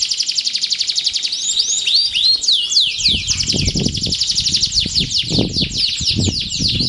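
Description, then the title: Canary song, dense fast trilling with curved whistled sweeps, while low thumps and rustling sounds come in behind the bird. Belgian canary; warm-up song used to stimulate a canary to sing. "Canto Para Esquentar Canário Belga. SUARA BURUNG : Kenari"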